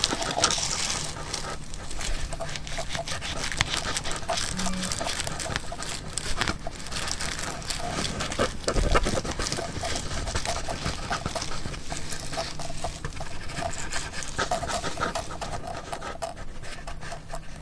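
Scratching, rubbing and chewing sounds run continuously, dense and uneven, with many short crackly ticks and scrapes. A low steady hum sits underneath, and a heavier thump lands near nine seconds. Soft panting-like breaths seem to mix in.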